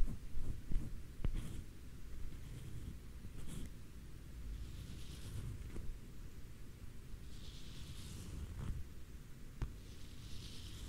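A comb or brush is drawn in a few soft, hissy strokes, around five seconds, near eight seconds and again at the end. Underneath runs a steady low rumble with dull thumps, and scattered sharp clicks and taps break in every second or two.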